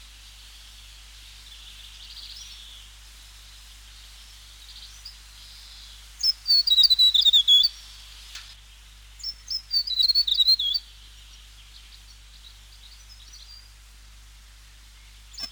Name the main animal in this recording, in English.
Tomtit